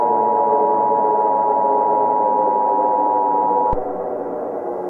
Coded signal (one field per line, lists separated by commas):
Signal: Emergency Alert System (SAME) tones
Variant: 853 and 960 Hz attention tone